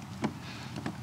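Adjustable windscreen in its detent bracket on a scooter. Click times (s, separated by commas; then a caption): 0.2 s, 0.9 s. The adjustable windscreen of a Honda X-ADV 750 scooter is set in its detent bracket after the adjustment mechanism is folded down and the screen pulled out. Two short, sharp snaps are heard at 0.2 s and 0.9 s as the screen seats into one of its five height positions.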